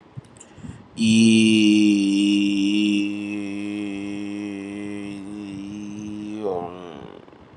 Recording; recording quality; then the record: sustained vowel as in beet; excellent, no background noise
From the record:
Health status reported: COVID-19 positive, moderate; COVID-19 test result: positive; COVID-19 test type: RT-PCR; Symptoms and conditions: cough, fever, fatigue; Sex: male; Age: 35 years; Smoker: no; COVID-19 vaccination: both doses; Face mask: not worn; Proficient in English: yes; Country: India